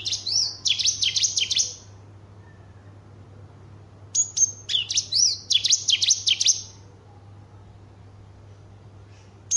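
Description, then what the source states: Horsfield's bush lark song in two long phrases of rapid swooping high chirps and trills, a quiet pause between them, faint low hum throughout. Song billed as special and full of material.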